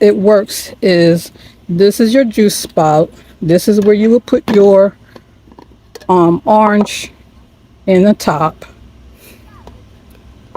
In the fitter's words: and this fastens and locks in place